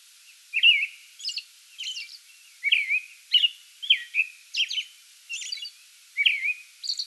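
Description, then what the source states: American robin song, a continuous run of warbled whistled phrases alternating with high squeaky notes. Song bout recorded 8 May 2022.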